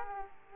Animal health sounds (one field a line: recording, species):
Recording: mosquito wingbeat signal from an infrared sensor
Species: Aedes aegypti